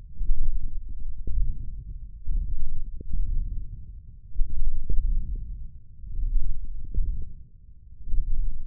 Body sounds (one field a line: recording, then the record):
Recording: forearm muscle sounds (acoustic myography)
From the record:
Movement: wrist extension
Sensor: system 1, eight BSWA MPA416 microphones around the upper forearm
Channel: 5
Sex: male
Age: 20 years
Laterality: left